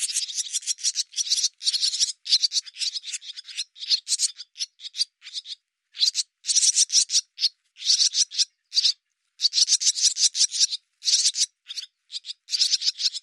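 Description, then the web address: Bird chattering with dense, rasping pulses in quick bursts, nearly continuous with short gaps, grating and high-pitched. "cianscape birddata Deverinetal 2025"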